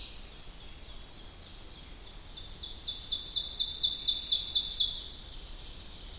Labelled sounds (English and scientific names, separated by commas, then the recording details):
Ovenbird (Seiurus aurocapilla) song
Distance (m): 25 m
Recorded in boreal forest in Alberta, Canada, on 2 June 2016 at 07:18
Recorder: SongMeter 3, array SBT-3-7
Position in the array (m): 99 m, 29 m
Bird 9